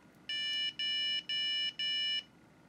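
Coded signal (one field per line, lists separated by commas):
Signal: beep code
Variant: ASUS server motherboard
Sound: four short, evenly spaced, buzzy electronic beeps from a motherboard speaker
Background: quiet room hum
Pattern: 4 short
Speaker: so that's for short beeps so that's different and again I'm gonna have to figure out what that means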